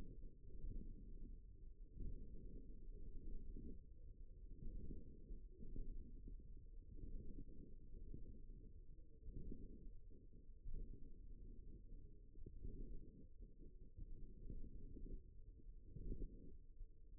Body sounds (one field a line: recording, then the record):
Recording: forearm muscle sounds (acoustic myography)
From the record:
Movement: forearm pronation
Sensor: system 1, eight BSWA MPA416 microphones around the upper forearm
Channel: 3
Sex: male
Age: 54 years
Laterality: right